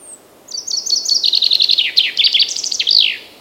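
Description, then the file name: Common chaffinch song: a bright series of quick notes in several phrases, falling in pitch, ending with an emphatic downward flourish, over faint background hiss. "Fringilla coelebs"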